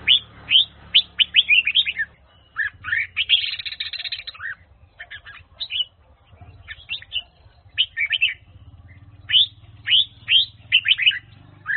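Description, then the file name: Red-whiskered bulbul singing steadily, a stream of sharp rising whistled notes, around two a second, with a buzzy patch near four seconds over a faint low hum. Hue-style red-whiskered bulbul training song. "file luyen giong chao mao hue dao giong"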